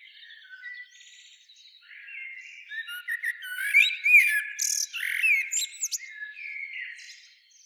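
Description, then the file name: Common blackbird singing softly at first, then louder mellow warbled notes mixed with sharp, high squeaky twitters toward the middle, fading out at the end. "Turdus merula"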